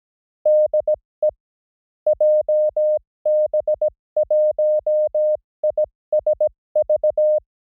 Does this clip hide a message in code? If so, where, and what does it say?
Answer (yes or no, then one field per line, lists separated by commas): yes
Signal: Morse code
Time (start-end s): 0.5-7.4 s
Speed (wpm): 17 wpm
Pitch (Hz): 610 Hz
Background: music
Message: DE JB1ISV